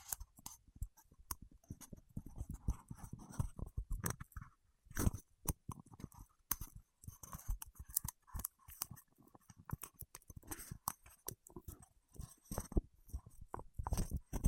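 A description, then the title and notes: Wax fingertips make a dense run of sticky clicks and crackles, coming in quick irregular bursts with no steady rhythm. Soft low taps sit under sharper bright ticks, and the texture resembles crunchy chewing. A few louder snaps stand out around five and twelve seconds. ASMR with Wax Fingertips for Sleep (No Talking).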